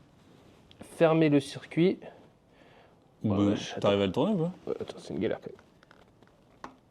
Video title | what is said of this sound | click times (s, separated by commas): On redémarre une Royal Enfield de 1983… importée d'Inde ! 😳🔥 | Oh! Oh, allez, Écoute, je pense que là, on est pas mal. J'ai entendu le petit clac qui fait plaisir. | 6.6 s